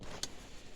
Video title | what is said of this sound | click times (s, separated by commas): Kia Sportage 2011 to 2016 Seat Belt Not Holding Latching Fix | it kind of holds. That is holding, but if I pull tight it pops out. | 0.2 s